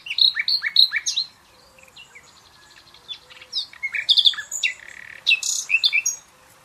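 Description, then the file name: Common nightingale song, dense and varied, with loud repeated chirps, whistles and buzzy trills, broken by one short quiet spell. "Luscinia megarhynchos"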